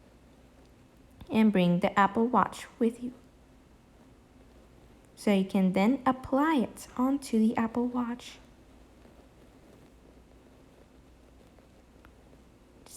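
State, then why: Not seated. Someone talks while a watch band is brought to a new Apple Watch Series 5 and lined up with its band slot, ready to slide in. Two faint contact taps follow near 12.1 and 12.9 seconds during the quiet handling. Nothing has seated or clicked yet.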